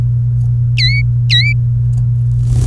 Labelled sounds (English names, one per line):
Domestic Canary song